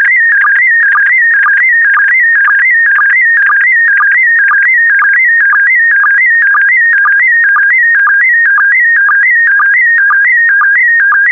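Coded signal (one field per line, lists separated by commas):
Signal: SSTV (slow-scan television)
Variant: PD120 mode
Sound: warbling, stepping electronic tone with steady rhythmic low chirps, continuous throughout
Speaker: complete you can now check your decoded image against the picture that is shown on the video that concludes the daily transmission of slow scan tv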